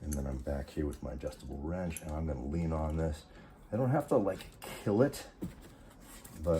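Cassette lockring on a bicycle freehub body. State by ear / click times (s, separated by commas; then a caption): not seated / none. Someone talks while leaning on an adjustable wrench to tighten a steel cassette lockring onto the freehub body of a mountain bike. The lockring is still being handled and has not clicked or seated yet by the end of the clip.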